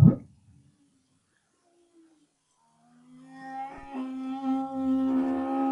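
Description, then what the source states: Humpback whale singing: a brief low burst, about three seconds of near silence, then a sustained harmonic moan rising in strength. 2011, BRAHSS project.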